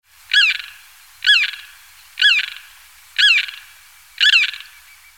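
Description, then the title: Limpkin calls, five loud, ringing, wailing notes with a rising then falling shape, repeated about once a second with near silence between them. "LuckyPassaro Completos2Sama. Limpkin (Aramus guarauna)"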